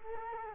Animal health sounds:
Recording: mosquito wingbeat signal from an infrared sensor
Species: Culex quinquefasciatus

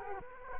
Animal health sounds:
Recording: mosquito wingbeat signal from an infrared sensor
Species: Culex quinquefasciatus

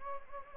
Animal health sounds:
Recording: mosquito wingbeat signal from an infrared sensor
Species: Anopheles gambiae

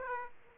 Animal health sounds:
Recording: mosquito wingbeat signal from an infrared sensor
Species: Aedes aegypti

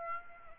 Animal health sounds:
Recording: mosquito wingbeat signal from an infrared sensor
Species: Aedes aegypti

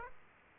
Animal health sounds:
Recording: mosquito wingbeat signal from an infrared sensor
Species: Aedes aegypti

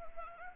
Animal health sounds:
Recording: mosquito wingbeat signal from an infrared sensor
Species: Anopheles arabiensis

